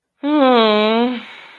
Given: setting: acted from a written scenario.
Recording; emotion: vocal sound without words; guilt